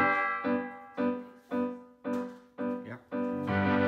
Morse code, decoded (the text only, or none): none